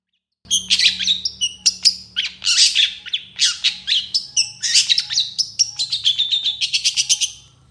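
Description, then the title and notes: Long-tailed shrike song: an unbroken, varied medley of harsh chatters and thin whistled notes, speeding into quick repeated ticks near the end; low hum behind. Singing in the morning, with the 'toet toet' sound variation. "Cendet Gacor Dor Di Kala Pagi Toet Toet Variasi Suara. Burung cendet"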